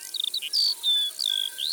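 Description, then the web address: Eurasian skylark song, a rapid run of high whistled slurred notes and short buzzy trills, rising and falling without pause. "Alouette des champs. abc de la nature"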